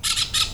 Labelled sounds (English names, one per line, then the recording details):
Brown-throated Parakeet contact call
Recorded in Venezuela
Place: Cerro Saroche, Hato Dalmatela, Edo. Lara
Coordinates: 10.149, -69.534